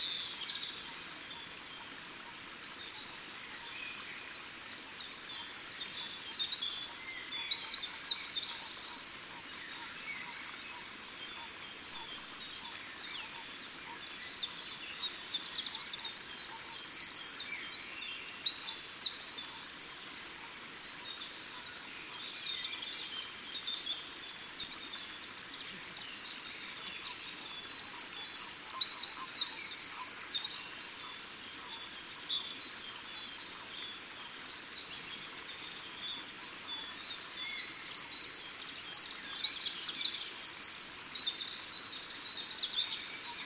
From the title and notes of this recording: Morning frogs - Unetice, Czech Republic. Frogs crossing bridge into the pond.